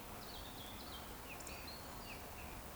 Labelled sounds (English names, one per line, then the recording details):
Eurasian Woodcock whistle
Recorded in Baden-Württemberg, Germany, on 15 June 2020 at 19:49 UTC
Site 14569, 102 m above sea level